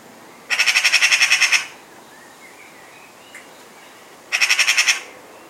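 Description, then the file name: Eurasian magpie giving two harsh chattering rattles, the first about ten pulses, the second shorter, with faint thin notes in the gap. "Pica pica"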